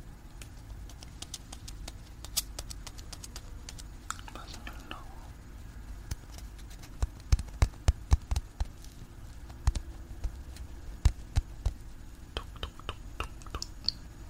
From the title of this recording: marshmallow eating sound ear touching whispering